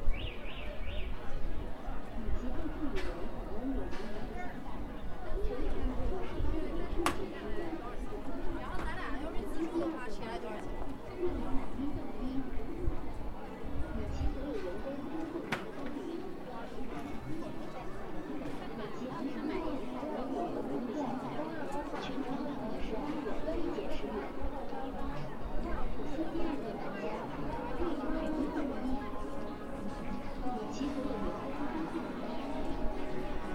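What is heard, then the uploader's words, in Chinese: A steady crowd of overlapping voices fills Zhongjie street in Shenyang, with a low rumble early on and occasional sharp clicks throughout. 沈阳，中街。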